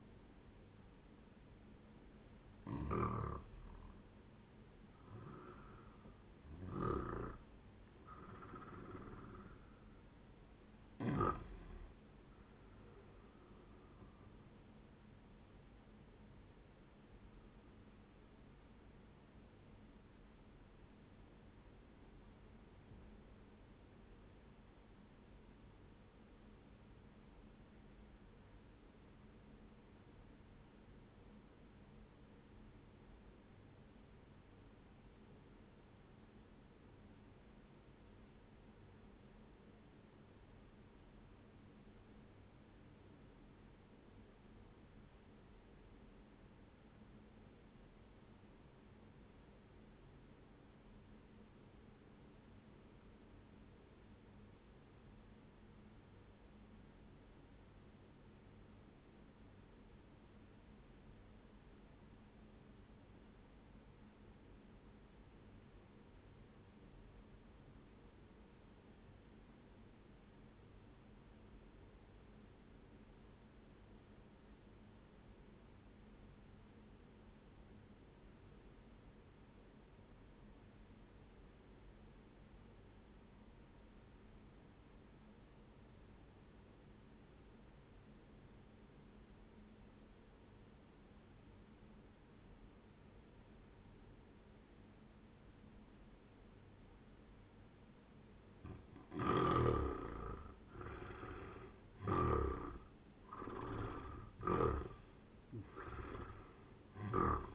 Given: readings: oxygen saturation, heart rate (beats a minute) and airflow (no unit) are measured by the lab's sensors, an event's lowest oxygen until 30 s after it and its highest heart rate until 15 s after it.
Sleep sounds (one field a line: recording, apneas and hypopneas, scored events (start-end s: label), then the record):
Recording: breathing in sleep by a voice recorder at the bedside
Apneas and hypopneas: 1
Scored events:
21.00-98.30 s: obstructive apnea (N1, oxygen 96% highest, then 77% lowest, heart rate 63 at the start, 98 highest)
32.00-107.55 s: new sleep stage, REM sleep
From the record:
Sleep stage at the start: N1 (lightest sleep)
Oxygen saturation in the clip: 84 to 96%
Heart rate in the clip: 61 to 94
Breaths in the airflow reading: 7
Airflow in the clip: -14.0 to 16.0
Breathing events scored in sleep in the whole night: 131 in 7.2 hours asleep